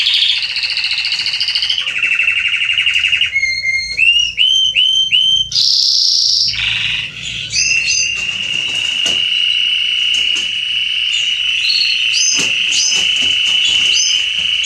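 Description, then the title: Belgian canary song, varied: trills, a series of clipped upswept notes repeated several times, a bright high trill, then a long steady trill. Male Belgian canary singing at length, recording intended for training and warming up young canaries. "Canary Training Esquente Seu Filhote E Canario Belga Macho Cantando Muito CANTO DO CANRIO"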